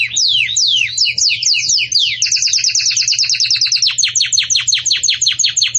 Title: Canto Do Canário Belga Campainha Para Encarte De Filhotes